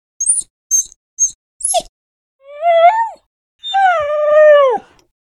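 Dog whining: four quick, very high squeaks, then two longer tonal whines that drop away at the end.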